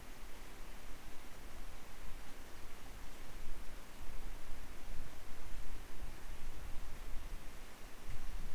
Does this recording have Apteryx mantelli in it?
no